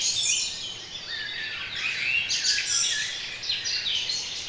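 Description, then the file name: Birds singing in a dense chorus, many high chirps and twittering phrases overlapping continuously, with a steady soft background hiss. Intended for relaxation. "relaksacja odglosy ptakow"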